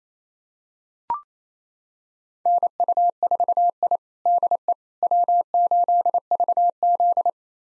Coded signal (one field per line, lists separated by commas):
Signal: Morse code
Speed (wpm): 27 wpm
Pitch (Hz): 700 Hz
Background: none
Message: NU4I DE W8VZ